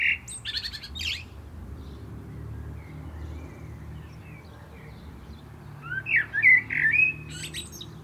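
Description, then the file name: Common blackbird with a squeaky high flourish at the start, then after a pause a low fluted warble rising into shrill twitter. "Turdus merula"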